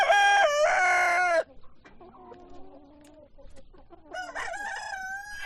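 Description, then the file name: Chicken crowing: a loud, harmonic rooster crow opens, softer clucking follows in the middle, then a second crow begins near the end. Chickens recorded at a chicken farm. "west wolf Chicken farm"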